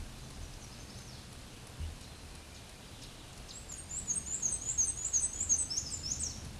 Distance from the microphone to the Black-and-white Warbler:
about 15 m